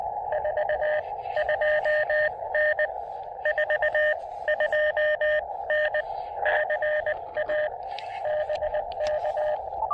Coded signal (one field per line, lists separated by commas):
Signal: Morse code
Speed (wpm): 20 wpm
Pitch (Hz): 610 Hz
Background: radio noise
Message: 42N 42N CA BK